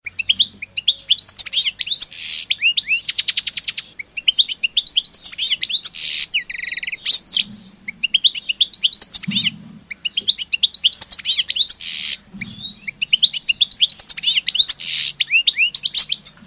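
Bird singing a fast, repeated series of high chirps in bursts of several notes, with short pauses and a few buzzy, rattling phrases between.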